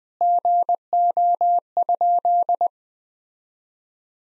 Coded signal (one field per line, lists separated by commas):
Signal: Morse code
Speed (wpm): 21 wpm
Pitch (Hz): 700 Hz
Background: none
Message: GO?